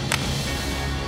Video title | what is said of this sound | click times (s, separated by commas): Master the Art of Paintball Reloading: Quick & Efficient Tips for Battle! 🚨🎯💥 | close that lid make sure you hear the click | 0.1 s